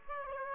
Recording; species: mosquito wingbeat signal from an infrared sensor; Aedes aegypti